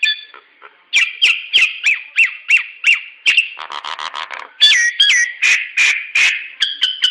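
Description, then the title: Nias hill myna calls: steady series of loud downslurred whistles about three per second, a buzzy nasal burst, then more whistles and harsh notes. "Burung jalak nias"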